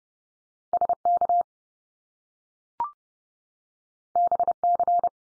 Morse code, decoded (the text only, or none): SK BC